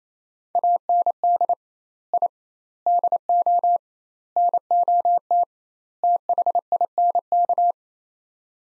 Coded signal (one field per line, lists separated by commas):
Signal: Morse code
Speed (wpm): 28 wpm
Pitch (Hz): 700 Hz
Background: none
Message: AND I DO NOT THINK